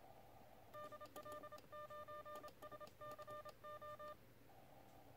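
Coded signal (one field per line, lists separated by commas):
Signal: Morse code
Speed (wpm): 27 wpm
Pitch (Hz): 1200 Hz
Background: none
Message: DL9SCO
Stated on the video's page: CW in the TRC DX Contest from a kit-built QRP Labs QCX+ transceiver at 5 watts QRP into a 2 x 13.6 m dipole.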